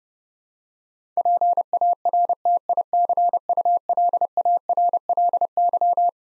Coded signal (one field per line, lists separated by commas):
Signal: Morse code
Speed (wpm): 30 wpm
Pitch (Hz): 700 Hz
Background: none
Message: PARTICULARLY